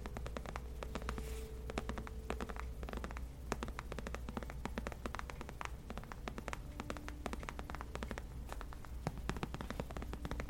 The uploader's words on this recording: Gentle Leather Tapping For Sleep & Relaxation.